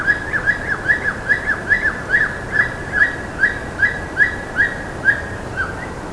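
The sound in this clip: Bird call series: clear, loud, arched whistled notes that rise then drop, repeated two to three times a second in an even rhythm, with little other sound.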